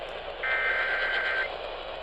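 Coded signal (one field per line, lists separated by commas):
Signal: Emergency Alert System (SAME) tones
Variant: header bursts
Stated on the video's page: Severe weather EAS alert received on AM radio station at 1130 kHz.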